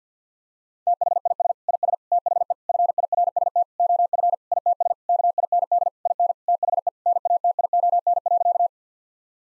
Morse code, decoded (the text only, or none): THIS IS THE FIRST OF ITS KIND IN THE NATION.